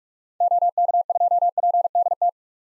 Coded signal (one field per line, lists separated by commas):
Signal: Morse code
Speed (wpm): 43 wpm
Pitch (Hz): 700 Hz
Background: none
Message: OK2PDT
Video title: 2023 SOTA Chaser Call Signs - 45wpm